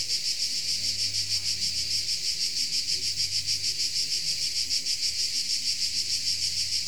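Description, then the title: Insects keep up a high, regular pulsing trill, unbroken throughout, with a low hum fading in and out below. Insects recorded in Tuscany. "Under Tuscan Bugs"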